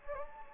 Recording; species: mosquito wingbeat signal from an infrared sensor; Anopheles gambiae